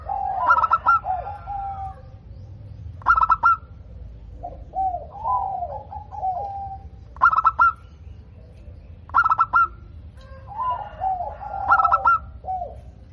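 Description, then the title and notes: Zebra dove cooing in repeated pulsed phrases, with overlapping softer, looping coo notes between the bursts. Local perkutut, described as gacor (singing frequently) with a loud, clear 'crystal' voice. "PERKUTUT LOKAL GACOR Suara KRISTAL LANTANG. Kicau Burung Perkutut"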